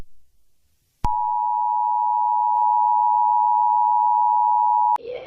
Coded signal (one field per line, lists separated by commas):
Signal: Emergency Alert System (SAME) tones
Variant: 853 and 960 Hz attention tone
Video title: The creatures.mp4 (analog horror eas scenario)